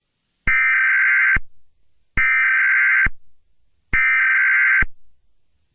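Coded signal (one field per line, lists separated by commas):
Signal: Emergency Alert System (SAME) tones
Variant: header bursts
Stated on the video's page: Fictional EAS scenario; sound glitched near the end and replayed after a couple of seconds.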